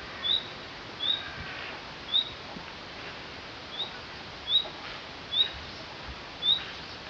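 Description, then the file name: Common nightingale giving brief rising whistled notes, spaced unevenly about one second apart, fairly faint over steady background hiss. "Luscinia megarhynchos"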